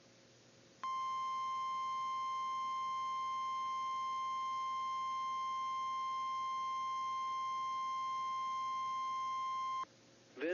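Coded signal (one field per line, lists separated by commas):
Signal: Emergency Alert System (SAME) tones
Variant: 1050 Hz attention tone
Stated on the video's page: Required Weekly Test on NOAA weather stations; first test recorded from a Sangean CL-100 receiver.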